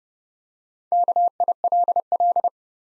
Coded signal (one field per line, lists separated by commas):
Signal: Morse code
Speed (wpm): 32 wpm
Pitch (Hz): 700 Hz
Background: none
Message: KILL